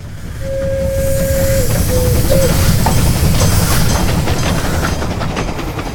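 A train rumbles steadily along the rails with a dense low roar and rattling, while a high steady tone like a whistle or squeal sounds briefly near the start, then breaks off.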